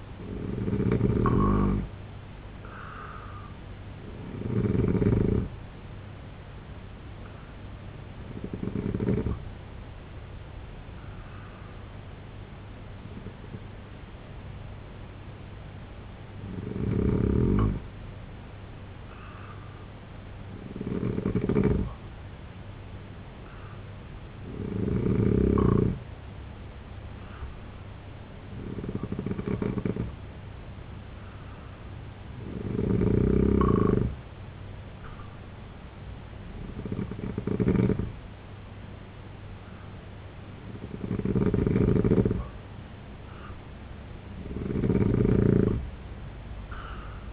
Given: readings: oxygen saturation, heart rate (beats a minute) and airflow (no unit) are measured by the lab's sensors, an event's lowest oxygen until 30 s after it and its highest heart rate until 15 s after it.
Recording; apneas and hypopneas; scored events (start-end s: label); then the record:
breathing in sleep by a voice recorder at the bedside; 1
12.00-39.70 s: hypopnea (N2, oxygen 93% highest, then 90% lowest, heart rate 67 at the start, 79 highest)
From the record:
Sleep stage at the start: N2 (light sleep); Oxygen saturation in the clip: 87 to 93%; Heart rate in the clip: 65 to 79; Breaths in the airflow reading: 10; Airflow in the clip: -3.9 to 5.9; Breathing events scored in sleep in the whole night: 258 in 7.4 hours asleep